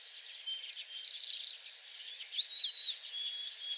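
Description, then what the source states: American tree sparrow: a brisk series of sweet, slurred notes over a busy background of high twittering. Recorded on 28 April 2022; several songs.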